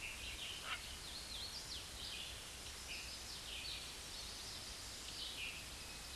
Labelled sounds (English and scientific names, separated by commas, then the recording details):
Hooded Warbler (Setophaga citrina) song
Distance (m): 100 m
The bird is about 30 m above the microphone
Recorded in a Pennsylvania forest on 16 May 2024 at 07:53
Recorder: AudioMoth, point MSD-2201
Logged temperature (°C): 15.5 °C
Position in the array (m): 116 m, 138 m